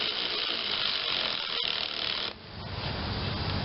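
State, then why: Stripped. A screw is driven into the stripped plastic housing of a Toro 22-inch Recycler Ready Start mower, sitting only in the plastic. A steady ratcheting, whirring noise runs throughout, with a brief drop in level around 2.3 seconds. The screw just spins without tightening, and nothing has seated or clicked yet.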